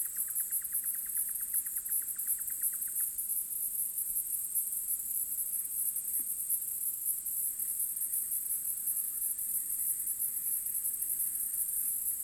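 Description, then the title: Cicada song: a continuous shrill high buzz throughout, with a rapid lower ticking series in the first three seconds. Field recording made in Australia or Portugal during 2011; some recordings unaltered, others processed. "EMERGING TERRITORIES. Cicadas"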